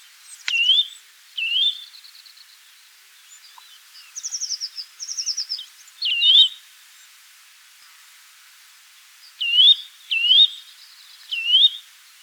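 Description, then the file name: Eurasian nuthatch calls: clear upslurred whistles repeated at intervals, with two short buzzy, rattling trills in the middle; quiet background. "Sitta europaea"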